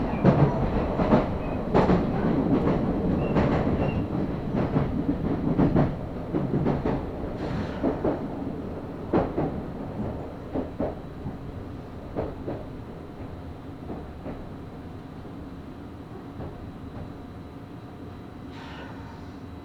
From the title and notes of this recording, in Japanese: 名鉄尾西線 玉ノ井→名鉄一宮→津島→弥富。名前の通り尾張の西側を走るのでほぼ単線区間ですが、乗車率はそこそこあります。